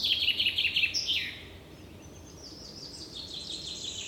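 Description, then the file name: Common chaffinch song: a bright, rapid trill sliding downward into a short flourish, then a fainter, higher phrase following after a pause. "Fringilla coelebs"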